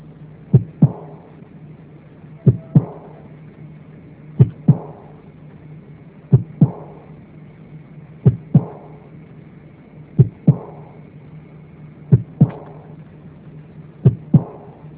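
Adult heart heard by stethoscope: a slow, regular beat with a soft, high-pitched, blowing decrescendo murmur starting right after the second heart sound in diastole, the diastolic murmur of aortic insufficiency.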